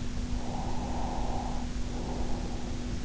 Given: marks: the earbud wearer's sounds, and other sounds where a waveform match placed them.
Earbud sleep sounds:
sounds in sleep by an in-ear microphone; breath
0.10-3.02 s: breath

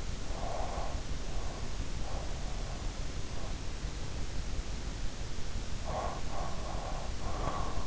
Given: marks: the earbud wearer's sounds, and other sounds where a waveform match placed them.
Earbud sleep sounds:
sounds in sleep by an in-ear microphone; breath
0.29-1.77 s: breath
5.46-7.87 s: breath

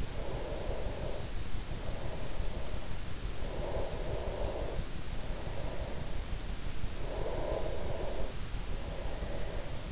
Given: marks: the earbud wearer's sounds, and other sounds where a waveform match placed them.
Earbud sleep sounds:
sounds in sleep by an in-ear microphone; breath
0.00-3.09 s: breath
3.37-6.46 s: breath
7.20-9.77 s: breath

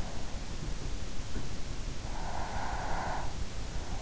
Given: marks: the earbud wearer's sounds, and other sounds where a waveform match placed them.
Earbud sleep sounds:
sounds in sleep by an in-ear microphone; breath
1.98-3.75 s: breath

